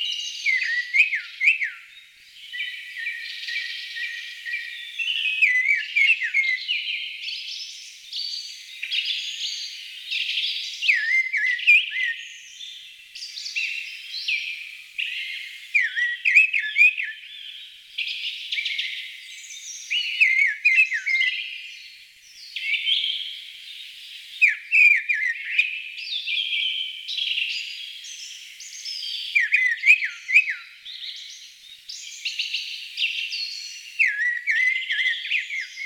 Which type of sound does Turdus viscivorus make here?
song